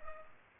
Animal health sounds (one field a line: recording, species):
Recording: mosquito wingbeat signal from an infrared sensor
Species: Culex pipiens